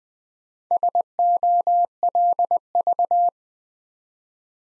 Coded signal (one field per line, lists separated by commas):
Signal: Morse code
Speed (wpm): 20 wpm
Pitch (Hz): 700 Hz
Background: none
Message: SOLV